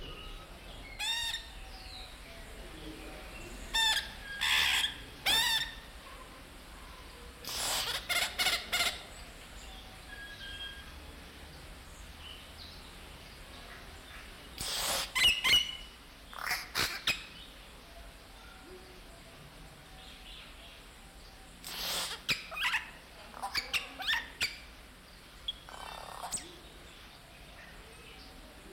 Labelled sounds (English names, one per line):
Yellow-rumped Cacique